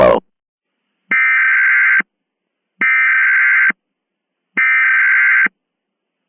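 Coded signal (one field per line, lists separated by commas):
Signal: Emergency Alert System (SAME) tones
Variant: header bursts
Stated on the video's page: Mock EAS scenario containing valid EAS tones.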